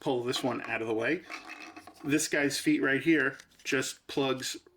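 Someone talks while handling two plastic retro-style action figures, moving one aside and lining up its feet with notches in the back of the other to stack them. Light rubbing and scraping of plastic sounds between the words. The feet are not pushed home yet, and nothing has snapped or seated.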